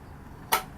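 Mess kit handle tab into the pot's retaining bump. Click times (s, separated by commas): 0.5 s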